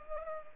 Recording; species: mosquito wingbeat signal from an infrared sensor; Culex pipiens